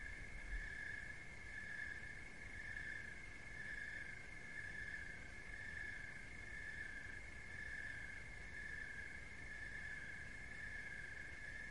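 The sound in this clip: Cricket giving a continuous high-pitched trill over a soft low hum.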